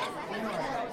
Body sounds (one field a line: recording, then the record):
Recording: coughing mixed with background sound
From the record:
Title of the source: Female coughing - Sound effects